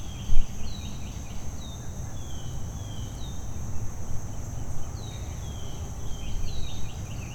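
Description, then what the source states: Bird song, several thin falling whistles and chirps against continuous low traffic rumble. Early morning birdsong with distant traffic, 18 July 2023.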